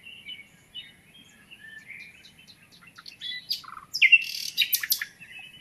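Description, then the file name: Common nightingale song: faint whistles and chirps, then a louder burst of notes near the end. "Luscinia megarhynchos"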